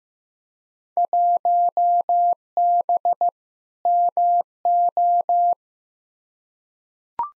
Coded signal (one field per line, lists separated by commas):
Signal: Morse code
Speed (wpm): 15 wpm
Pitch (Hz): 700 Hz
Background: none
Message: 1B MO